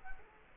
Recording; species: mosquito wingbeat signal from an infrared sensor; Culex quinquefasciatus